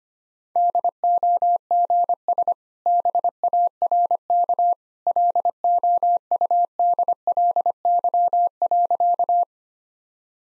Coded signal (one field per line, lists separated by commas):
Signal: Morse code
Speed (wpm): 25 wpm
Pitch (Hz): 700 Hz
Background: none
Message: DOGS BARK LOUDLY.